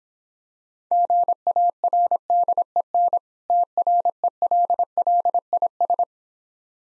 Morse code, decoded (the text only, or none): GARDEN TRELLIS